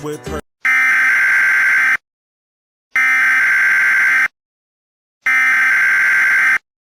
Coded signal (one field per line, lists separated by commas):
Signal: Emergency Alert System (SAME) tones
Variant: header bursts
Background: speech